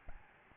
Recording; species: mosquito wingbeat signal from an infrared sensor; Aedes albopictus